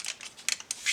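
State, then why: Seated. The purple plastic back panel on a transforming robot toy's leg is closed over and its plastic hook lock is fastened, making several small plastic clicks. The lock snaps shut and seats at 0.5 s.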